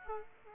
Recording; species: mosquito wingbeat signal from an infrared sensor; Aedes aegypti